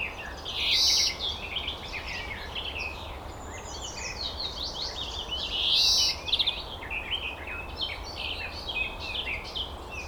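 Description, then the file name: European greenfinch giving drawn-out nasal wheezes twice, about five seconds apart, over dense twittering and chirping. "Chloris chloris"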